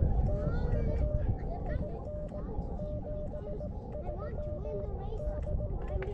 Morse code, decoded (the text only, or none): TU IN 73 DE